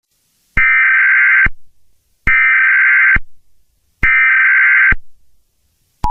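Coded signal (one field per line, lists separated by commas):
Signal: Emergency Alert System (SAME) tones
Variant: header bursts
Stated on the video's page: Fictional EAS scenario, not a real alert.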